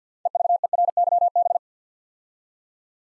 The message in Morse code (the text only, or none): EVERYB